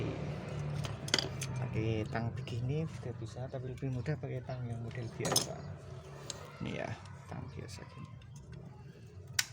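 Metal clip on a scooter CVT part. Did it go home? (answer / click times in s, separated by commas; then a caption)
yes / 9.4 s. A metal clip or retaining part on a scooter CVT part, which had spread open, is re-tightened with ordinary pliers and refitted while someone talks, with light metallic handling and tool sounds throughout. A sharp metallic click at 9.4 s marks the clip seating into place.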